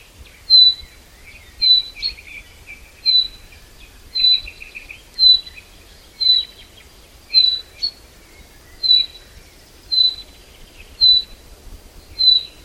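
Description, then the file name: Common chaffinch repeating a brief, clear, high note roughly every second, steady throughout, over faint twittering and low background rumble. "Fringilla coelebs"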